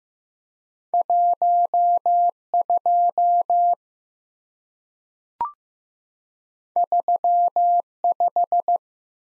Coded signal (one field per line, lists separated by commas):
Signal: Morse code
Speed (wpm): 15 wpm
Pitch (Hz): 700 Hz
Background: none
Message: 12 35